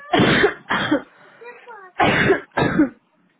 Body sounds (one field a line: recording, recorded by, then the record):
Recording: voluntary cough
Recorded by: telephone call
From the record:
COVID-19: negative